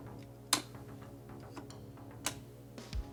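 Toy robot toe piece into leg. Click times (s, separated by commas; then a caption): 0.5 s, 2.3 s. The plastic toe pieces of a Transformers Legacy Generations Selects Black Zarak toy robot are folded down into the leg until they click, over steady background music. Loud, sharp clicks are heard at 0.5 s and 2.3 s, with a few fainter taps in between and at the end. The toe pieces click into place and are seated.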